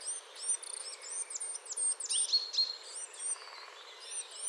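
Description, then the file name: Coal tit calls: a busy jumble of very high, thin, slurred notes tumbling together, with some louder notes in the middle. Chattering calls. "MESANGE NOIRE BAVARDE"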